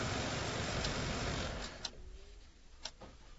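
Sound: car pulling up outside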